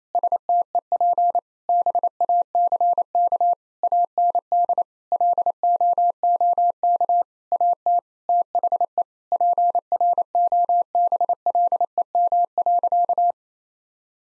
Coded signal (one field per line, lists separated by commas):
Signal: Morse code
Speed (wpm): 28 wpm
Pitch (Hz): 700 Hz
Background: none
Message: STEP BACK AND LOOK AT THE PROBLEM.